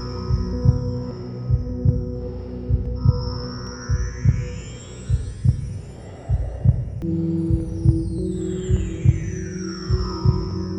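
Soothing sound of a slow, regular heartbeat as heard in the womb, mixed with sustained magic bell tones and sweeping chimes.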